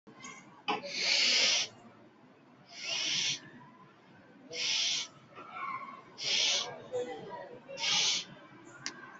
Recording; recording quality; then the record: shallow breathing; excellent, no background noise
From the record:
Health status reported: healthy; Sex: male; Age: 39 years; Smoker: no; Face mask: not worn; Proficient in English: yes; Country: India